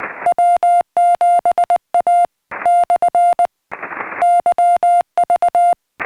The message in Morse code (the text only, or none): W7A/YV